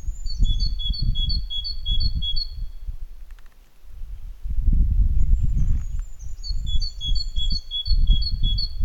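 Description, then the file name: Great tit song: two bursts of rapid, even two-note phrases separated by a pause, with low rumbling noise. "Parus major"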